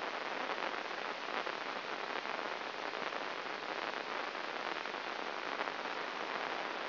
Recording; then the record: brain microelectrode recording played as sound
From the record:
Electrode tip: inside the subthalamic nucleus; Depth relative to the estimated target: 1 mm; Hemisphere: right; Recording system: AlphaMap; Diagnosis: Parkinson's disease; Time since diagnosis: 19 years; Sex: male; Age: 59 years